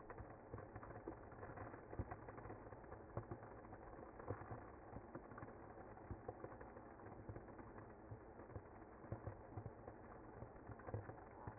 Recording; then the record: honeybee colony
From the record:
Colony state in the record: active